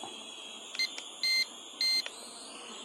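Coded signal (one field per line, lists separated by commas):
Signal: none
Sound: drone controller beeps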